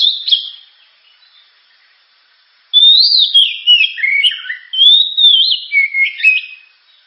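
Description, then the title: Oriental magpie-robin: a short phrase, a pause, then a rich stream of rising and falling whistles and twittering notes. Described as a loud, sharp, very powerful song used to prompt and train other birds to sing. "Kacer Gacor Suara Tajam. Kacer Gacor Suara Super Kenceng Cocok untuk Pancingan"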